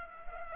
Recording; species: mosquito wingbeat signal from an infrared sensor; Culex pipiens